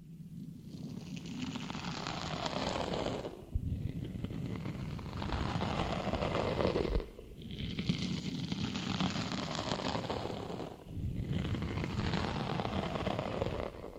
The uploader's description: tapping, scratching, crinkle sound, ear cleaning